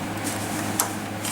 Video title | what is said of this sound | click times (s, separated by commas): Printerre.com vous montre comment remplacer le four sur une imprimante HP p3005 | On a entendu, il est clipsé. | 0.8 s